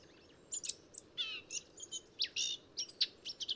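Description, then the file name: Eurasian blackcap song, a lively scratchy warble of quick high chirps and buzzy notes, some sliding downward, delivered in an irregular burst over steady low background hiss. "Sylvia atricapilla"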